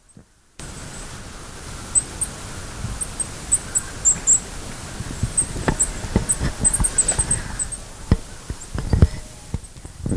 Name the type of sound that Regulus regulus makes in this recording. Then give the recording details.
call. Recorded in the wild. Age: adult. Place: Gülper See, Brandenburg, DE. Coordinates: 52.7167, 12.25. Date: 2000-10-22 16:34. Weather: fair, ca. 15°C. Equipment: Nagra SN, Kopie Uher 4000 Report Monitor. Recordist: Tembrock, Günter